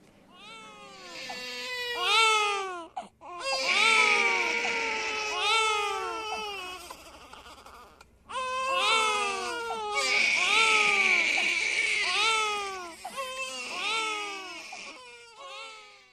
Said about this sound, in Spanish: Bueno, son llantos de bebés. Sonido que para algunos puede traer muy buenos recuerdos y para otros no tantos.